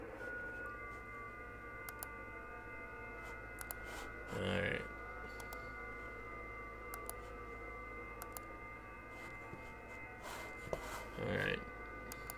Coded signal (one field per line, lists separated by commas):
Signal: FT8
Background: speech